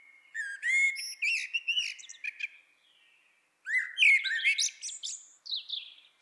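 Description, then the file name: Eurasian blackbird song, two phrases of mellow whistles ending in shrill squeaky twitters, the second phrase trailing off into high thin notes. "Turdus merula"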